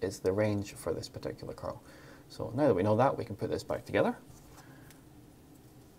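Someone talks for about four seconds while handling the refillable pod cartridge and its coil, rated 25 to 33 watts, of a Geekvape Aegis Boost vape, lining the pod up to refit it into the device body. After the talking stops, only a faint, low handling noise remains until the end. Nothing has been clipped in or clicked yet.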